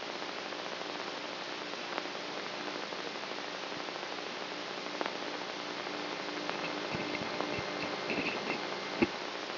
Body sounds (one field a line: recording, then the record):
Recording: brain microelectrode recording played as sound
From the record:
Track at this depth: inside the subthalamic nucleus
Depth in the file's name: 2.503 mm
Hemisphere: right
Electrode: 3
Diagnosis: Parkinson's disease